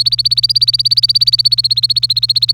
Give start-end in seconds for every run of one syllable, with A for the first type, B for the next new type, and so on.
0.00-2.54 A